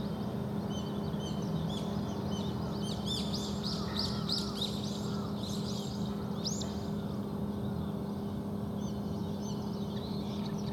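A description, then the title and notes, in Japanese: A residential morning with bright chirping birds in a burst around the middle, over a steady low hum of traffic and machinery. 住宅街の朝 04:27am (HPL2 バイノーラル)。レコーダー：TASCAM Portacapture X8（32bit float/ 48kHz収録）。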